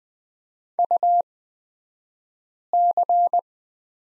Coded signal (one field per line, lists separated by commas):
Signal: Morse code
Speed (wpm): 20 wpm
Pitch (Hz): 700 Hz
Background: none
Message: UC